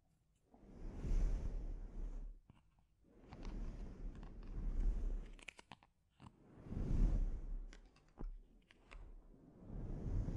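Rhythmic rubbing and brushing strokes on a scalp swell and fade about every two seconds, with brief clicks and quiet gaps between.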